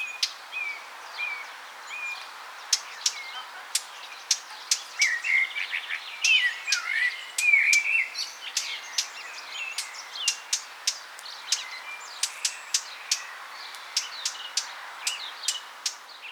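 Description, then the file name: Eurasian blackcap ticking with hard clicks throughout, with a brief warbling phrase in the middle. "Sylvia atricapilla"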